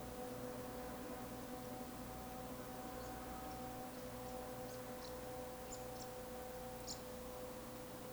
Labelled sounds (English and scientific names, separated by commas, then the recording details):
Eurasian Woodcock (Scolopax rusticola) chase call
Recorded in Baden-Württemberg, Germany, on 3 June 2021 at 20:03 UTC
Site 49334, 1074 m above sea level